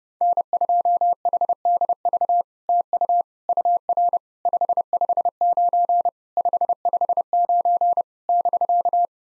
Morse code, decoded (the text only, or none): N2HDV TU UR 559 559 <BK>